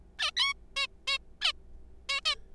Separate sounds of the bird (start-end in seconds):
0.19-0.31, 0.37-0.53, 0.76-0.87, 1.07-1.18, 1.41-1.52, 2.09-2.20, 2.25-2.35